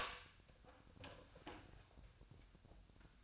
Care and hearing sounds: daily activity, microphone in the room; open door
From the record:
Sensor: 2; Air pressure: 1007.0 hPa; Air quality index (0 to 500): 196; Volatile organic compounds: 13 ppm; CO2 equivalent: 2400 ppm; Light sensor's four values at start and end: 10/23/10/10 and 10/23/10/10

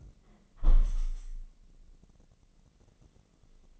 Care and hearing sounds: daily activity, microphone in the room; close window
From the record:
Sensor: 4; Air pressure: 1013.2 hPa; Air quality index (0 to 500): 172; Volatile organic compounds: 2 ppm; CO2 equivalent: 1088 ppm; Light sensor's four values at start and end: 78/192/80/81 and 78/192/80/81

